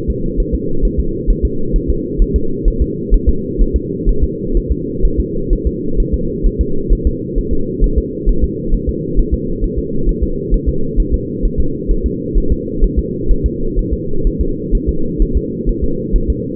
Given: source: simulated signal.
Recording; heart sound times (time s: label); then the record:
fetal heart sounds
0.10 s: S2
0.40 s: S1
0.55 s: S2
0.85 s: S1
1.00 s: S2
1.30 s: S1
1.45 s: S2
1.76 s: S1
1.90 s: S2
2.22 s: S1
2.36 s: S2
2.68 s: S1
2.82 s: S2
3.14 s: S1
3.29 s: S2
3.61 s: S1
3.76 s: S2
4.09 s: S1
4.24 s: S2
4.57 s: S1
4.72 s: S2
5.05 s: S1
5.20 s: S2
5.53 s: S1
5.67 s: S2
6.00 s: S1
6.14 s: S2
6.47 s: S1
6.61 s: S2
6.93 s: S1
7.07 s: S2
7.38 s: S1
7.53 s: S2
7.84 s: S1
7.98 s: S2
8.29 s: S1
8.44 s: S2
8.74 s: S1
8.89 s: S2
9.19 s: S1
9.34 s: S2
9.64 s: S1
9.79 s: S2
10.09 s: S1
10.23 s: S2
10.54 s: S1
10.69 s: S2
11.00 s: S1
11.14 s: S2
11.45 s: S1
11.60 s: S2
11.91 s: S1
12.06 s: S2
12.38 s: S1
12.52 s: S2
12.84 s: S1
12.99 s: S2
13.31 s: S1
13.46 s: S2
13.79 s: S1
13.93 s: S2
14.27 s: S1
14.41 s: S2
14.75 s: S1
14.89 s: S2
15.22 s: S1
15.37 s: S2
15.69 s: S1
15.84 s: S2
16.16 s: S1
16.30 s: S2
From the record:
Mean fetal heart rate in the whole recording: 130 bpm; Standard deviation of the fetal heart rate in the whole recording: 2 bpm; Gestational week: 38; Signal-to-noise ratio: -8.1 dB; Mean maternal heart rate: 72 bpm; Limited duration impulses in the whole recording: absent